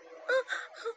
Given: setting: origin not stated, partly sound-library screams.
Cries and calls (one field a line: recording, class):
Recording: one-second piece from a danger detection set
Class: woman in danger